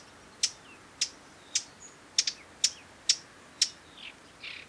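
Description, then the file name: Eurasian Blackcap tac calls, sharp dry clicks repeated about twice a second, several in a row, followed by a couple of softer notes. "Sylvia atricapilla"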